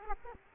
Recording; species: mosquito wingbeat signal from an infrared sensor; Aedes aegypti